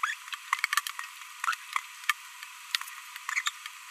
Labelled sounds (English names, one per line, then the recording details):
Green-rumped Parrotlet babbling
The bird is a female
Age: 22 days
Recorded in a nest box in Venezuela
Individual 17B42B1